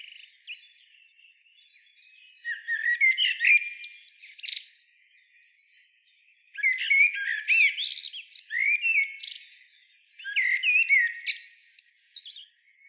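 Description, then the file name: Common blackbird singing three separate phrases of low warbled notes mixed with shrill high twittering, with pauses between. "Turdus merula"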